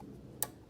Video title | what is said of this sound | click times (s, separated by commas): Eibach Lowering Springs Install (How-To) // 10th Gen. Honda Accord | There you go, satisfying snap. | 0.4 s